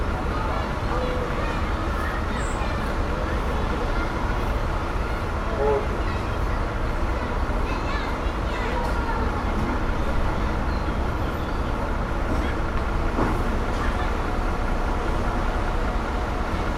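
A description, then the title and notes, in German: A bus runs steadily throughout, its low engine rumble dense and unbroken for the whole stretch. Indistinct voices murmur in the mix, likely children talking, with no single voice standing out. A brief high chirp comes near two seconds. Ein Bus und Kinder im in etwa gleichen Abstand von mir, was eine Vergleichsmöglichkeit gab. Und der Kinder waren gefühlt hundert...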